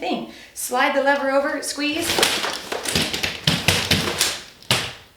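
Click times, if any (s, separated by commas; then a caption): 4.7 s. Someone talks as a lightweight Joovy Balloon stroller of just over 12 lb is unfolded one-handed by sliding the lever over and squeezing, with rattling frame clatter as the frame is pushed open. The stroller frame's fold lock engages with a sharp lock click at 4.7 s, leaving the stroller seated and locked open.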